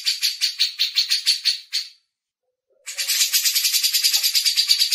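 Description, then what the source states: Grey-cheeked Bulbul giving two runs of rapid, rasping chatter separated by a short silence. Cucak jenggot song used for masteran training.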